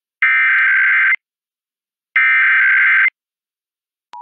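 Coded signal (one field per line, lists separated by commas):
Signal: Emergency Alert System (SAME) tones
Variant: header bursts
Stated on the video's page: Required Monthly Test of the Emergency Alert System, Florida statewide test, received from an FM broadcast station in Jacksonville.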